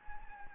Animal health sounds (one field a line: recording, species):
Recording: mosquito wingbeat signal from an infrared sensor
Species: Anopheles gambiae